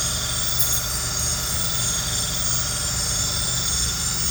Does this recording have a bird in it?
no